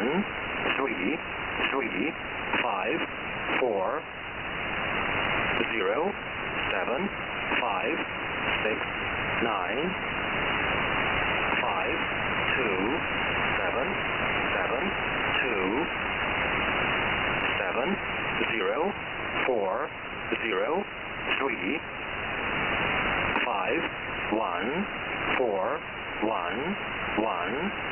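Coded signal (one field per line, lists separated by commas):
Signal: numbers station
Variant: E07, English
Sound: male voice reading English digits over heavy radio static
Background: radio static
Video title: E07 - English Man - (Supposedly a Russian number station) with a LONG message.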